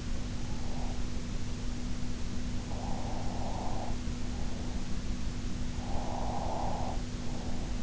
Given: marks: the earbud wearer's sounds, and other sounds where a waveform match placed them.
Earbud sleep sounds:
sounds in sleep by an in-ear microphone; breath
0.62-1.06 s: breath
2.70-4.99 s: breath
5.72-7.83 s: breath

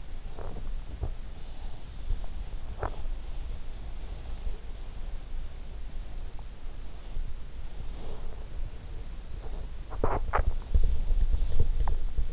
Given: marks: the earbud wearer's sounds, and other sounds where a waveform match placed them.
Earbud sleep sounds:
sounds in sleep by an in-ear microphone; teeth grinding
0.00-3.36 s: teeth grinding
9.45-12.33 s: teeth grinding

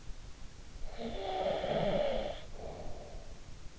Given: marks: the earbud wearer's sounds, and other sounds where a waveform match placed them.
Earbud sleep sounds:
sounds in sleep by an in-ear microphone; snoring breath
0.72-3.38 s: snoring breath

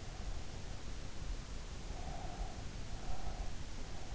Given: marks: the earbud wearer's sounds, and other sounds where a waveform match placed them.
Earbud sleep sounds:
sounds in sleep by an in-ear microphone; breath
1.78-3.89 s: breath

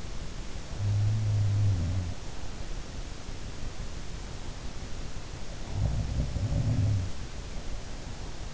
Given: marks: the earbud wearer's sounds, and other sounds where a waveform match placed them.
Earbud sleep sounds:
sounds in sleep by an in-ear microphone; breath
0.65-2.98 s: sound from someone else or the room
1.72-2.98 s: breath
4.09-6.24 s: breath
5.50-8.13 s: sound from someone else or the room

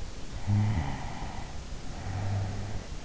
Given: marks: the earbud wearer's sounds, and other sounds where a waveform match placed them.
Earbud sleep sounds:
sounds in sleep by an in-ear microphone; snoring breath
0.47-3.00 s: snoring breath

